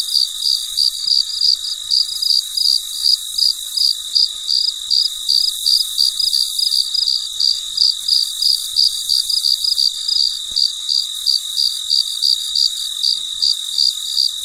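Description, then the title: Cricket giving even, rapid chirps about three each second, ringing high above a steady background hum. Late at night, in deep quiet. "深夜录制蟋蟀昆虫声"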